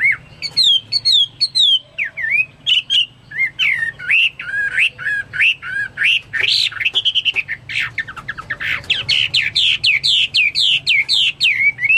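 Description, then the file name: Chinese hwamei song, a rich run of loud whistled phrases, varied and slurred, with short chips. "omkicau hwamei"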